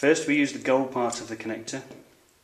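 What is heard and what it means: A prepared round HDMI cable end is being handled at the gold inner part of an HDMI plug connector while someone talks. Only speech is heard in the clip. Nothing has seated or clicked yet.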